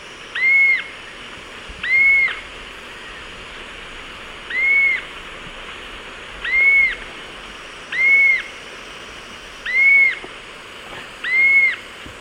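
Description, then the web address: Purplish jacamar giving clear, high, slightly arched whistled notes, seven in all, spaced about one and a half to three seconds apart, over a soft steady hiss. Eastern lowlands of South America. "Natures Songs S America Eastern Lowlands. Purplish Jacamar"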